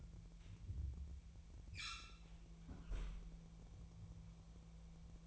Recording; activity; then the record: daily activity, microphone in the room; close fridge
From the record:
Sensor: 1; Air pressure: 1000.1 hPa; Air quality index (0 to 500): 134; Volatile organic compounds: 2 ppm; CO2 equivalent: 1260 ppm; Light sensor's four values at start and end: 35/88/37/45 and 35/89/37/46